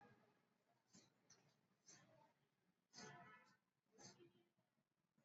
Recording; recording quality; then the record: shallow breathing; moderate, slight background noise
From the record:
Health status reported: exposed to COVID-19, no respiratory illness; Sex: male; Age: 30 years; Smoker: no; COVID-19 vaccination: both doses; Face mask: worn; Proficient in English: yes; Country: India